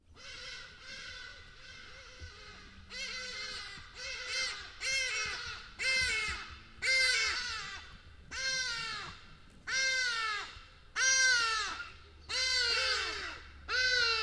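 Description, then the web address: Birds calling: a series of loud, harsh, descending calls with rich harmonics, with a low hum at times beneath. Birds calling as they pass by. "birds call pass by. soundpool geraeusche natur-tiere voegel"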